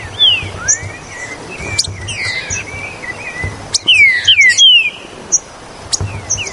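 Green-winged saltator song: loud, clear whistled notes slurring downward, given in short bursts with pauses, mixed with sharp clicks and other high chirps.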